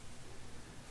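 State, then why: Not seated. A metal c-clip is handled on the pivot pin of a passenger footpeg, whose edge recess lets the clip lock into place. Only a steady, broadband hiss with faint low rumble is heard, with no distinct hits. Nothing has seated or clicked yet.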